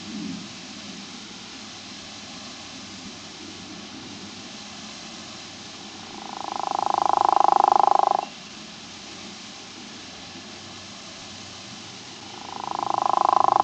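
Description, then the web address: True frog call: a long pulsed croak swells in loudness and ends sharply, a quiet gap follows, and then another croak begins, all over constant hiss. "frogs Family Ranidae"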